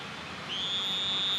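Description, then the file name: Two-colored oval frog call, a long high steady whistled tone starting midway and holding level, over a background of low hiss. "Elachistocleis bicolor"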